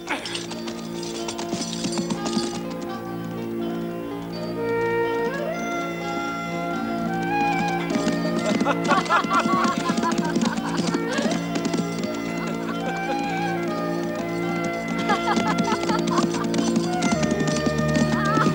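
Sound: horses galloping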